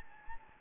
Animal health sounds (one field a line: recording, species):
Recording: mosquito wingbeat signal from an infrared sensor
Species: Anopheles gambiae